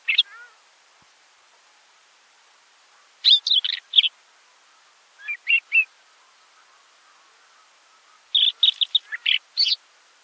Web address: Capped wheatear. چکچک-کلاهدار